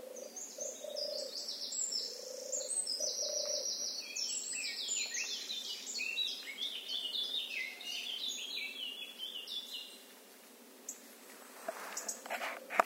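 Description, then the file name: Eurasian blackcap warbling song, rapid and varied with bright fluted notes, while a deeper bird gives soft hooting notes beneath it in the first part; the singing stops near the end. "Sylvia atricapilla"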